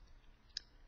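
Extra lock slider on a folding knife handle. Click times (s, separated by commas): 0.6 s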